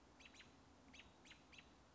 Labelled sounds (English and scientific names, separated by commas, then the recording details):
American Robin (Turdus migratorius)
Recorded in Sonoma County, California